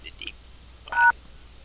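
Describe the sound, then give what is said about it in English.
A single short telephone keypad tone from an incorrect key pressed in a voicemail message menu, a steady two-pitch beep lasting about a fifth of a second, preceded by a few faint, brief murmurs and otherwise quiet background. “You have pressed an incorrect key.”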